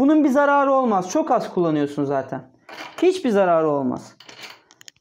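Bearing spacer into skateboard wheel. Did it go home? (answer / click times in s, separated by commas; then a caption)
yes / 4.9 s. A metal spacer is pushed into a skateboard wheel after the first bearing is fitted, so it sits between the bearings. Someone talks for the first four seconds, then a few faint ticks lead to a short knock at 4.9 s as the spacer seats in place.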